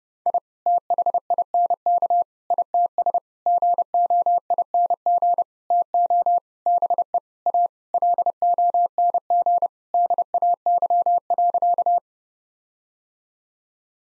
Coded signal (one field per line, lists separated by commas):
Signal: Morse code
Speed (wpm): 30 wpm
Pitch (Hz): 700 Hz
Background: none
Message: I THINK ITS GOING TO BE A LONG DAY.